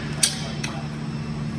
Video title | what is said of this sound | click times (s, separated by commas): TentCraft FAQs - 13x26 Frame Setup, Wall Installation, Footplates & More | pushing the leg up simply press the button and raising two clicks | 0.2 s, 0.6 s